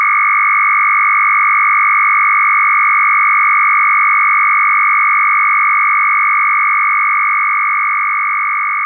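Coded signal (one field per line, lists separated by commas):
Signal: RTTY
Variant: Russian, 1000 Hz shift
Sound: continuous fast warbling between two tones, one low and one high, steady throughout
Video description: Russian RTTY FSK 1000Hz mark and space separation.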